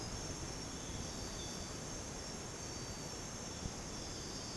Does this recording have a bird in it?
no